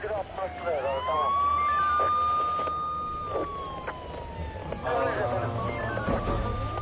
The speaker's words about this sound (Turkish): Ambulans geldi efendim.